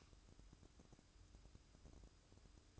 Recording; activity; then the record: daily activity, microphone in the room; light on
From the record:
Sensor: 2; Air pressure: 1007.7 hPa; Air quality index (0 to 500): 94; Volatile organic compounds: 1 ppm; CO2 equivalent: 717 ppm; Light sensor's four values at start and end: 7/17/7/7 and 12/33/13/13